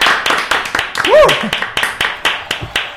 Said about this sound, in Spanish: Así que bienvenida, fuerte el aplauso. Gracias. Gracias.